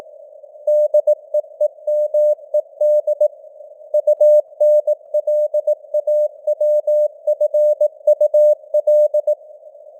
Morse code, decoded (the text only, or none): DEEMED UNLAWFUL